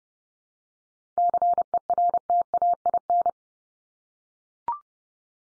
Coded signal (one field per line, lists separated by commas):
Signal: Morse code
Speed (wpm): 30 wpm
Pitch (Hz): 700 Hz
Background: none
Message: CERTAIN